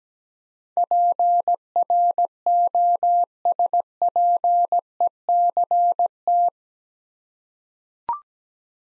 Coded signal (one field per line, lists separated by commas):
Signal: Morse code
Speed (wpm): 17 wpm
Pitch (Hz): 700 Hz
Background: none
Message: PROSPECT